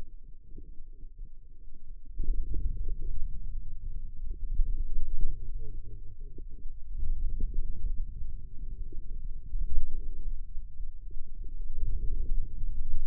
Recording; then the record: forearm muscle sounds (acoustic myography)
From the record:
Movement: wrist extension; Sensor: system 2, bracelet of six BSWA MPA416 microphones around the upper forearm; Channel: 6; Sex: male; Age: 22 years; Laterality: right